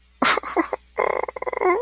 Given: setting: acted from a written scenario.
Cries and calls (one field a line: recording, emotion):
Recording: vocal sound without words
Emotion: sadness